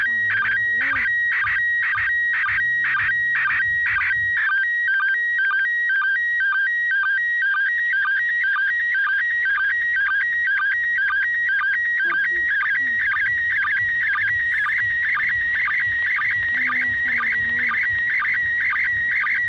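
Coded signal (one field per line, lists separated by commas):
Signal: SSTV (slow-scan television)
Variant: PD120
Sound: warbling, stepping tone with regular short low chirps about twice a second, under hiss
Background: radio static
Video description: Se utilizó una radio Baofeng UV-5R en la frecuencia 145,800 MHz (+/- 3 KHz para el cambio Doppler) y el modo de operación SSTV PD 120.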